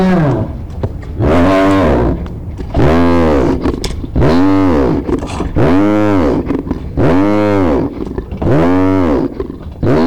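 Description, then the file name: Bear cub giving a steady series of drawn-out, arching, harmonic bawls, roughly one every one and a half seconds, separated by quieter breathy grunts. "hyenabear cub"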